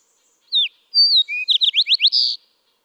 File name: Fox Sparrow